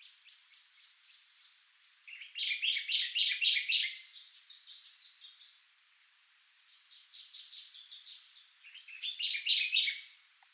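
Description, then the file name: Common chaffinch song: two loud, rattling trilled phrases, with fainter similar phrases before and between them. "Fringilla coelebs"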